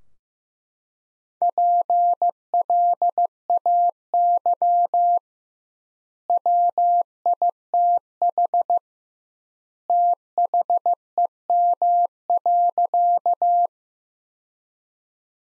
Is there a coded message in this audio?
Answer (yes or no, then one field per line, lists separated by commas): yes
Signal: Morse code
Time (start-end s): 1.4-13.7 s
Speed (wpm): 15 wpm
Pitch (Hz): 700 Hz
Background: none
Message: PLAY WITH THEM.